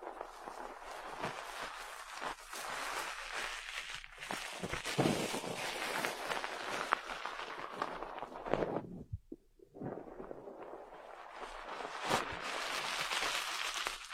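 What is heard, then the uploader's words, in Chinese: Ear massage: dense, close rubbing and brushing noise fills the recording, a steady rustling hiss with soft thumps and occasional sharp taps. Around nine seconds the rubbing drops out briefly to a near-silent dip with low bumps, then resumes just as dense. 按摩耳朵，一些让人放松的声音。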